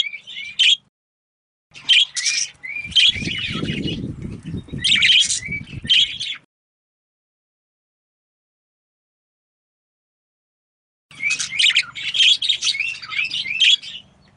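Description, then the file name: Budgerigar calling in short harsh chirping bursts, a pause of several seconds, then another run of scratchy chirps; low rustling noise in places. Female budgerigar. "suara parkit betina. omkicau"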